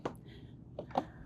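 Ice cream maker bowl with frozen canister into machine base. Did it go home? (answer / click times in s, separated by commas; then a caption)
yes / 0.1 s, 1.0 s. The outer bowl of an ice cream maker, holding the frozen canister, is lined up and clicked onto the lid assembly, then slid into the machine base until it latches. A sharp click sounds at 0.1 s, followed by a quieter knock near 0.8 s, a short sliding rub, and the loudest click at 1.0 s. The bowl ends up seated and latched in the base.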